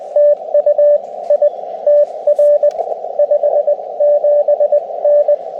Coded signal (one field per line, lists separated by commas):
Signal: Morse code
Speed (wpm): 24 wpm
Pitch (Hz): 590 Hz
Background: radio noise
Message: TU I TR 57N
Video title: Overlook Mountain SOTA